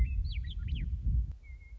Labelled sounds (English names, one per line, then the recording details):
Western Meadowlark
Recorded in Sonoma County, California